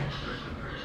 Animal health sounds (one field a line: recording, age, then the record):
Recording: pig call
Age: growing-finishing pig (85 days or more)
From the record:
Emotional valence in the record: positive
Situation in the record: run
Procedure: transit